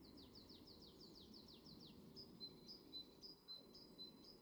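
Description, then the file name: Great tit calls: a quick run of about a dozen thin downslurred notes, then several high, pure, evenly spaced notes. Low rumbling background noise throughout. "Parus major"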